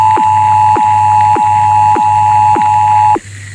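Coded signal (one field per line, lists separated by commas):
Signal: Emergency Alert System (SAME) tones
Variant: 853 and 960 Hz attention tone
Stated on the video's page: Recreated EAS alert interrupting a television cartoon broadcast.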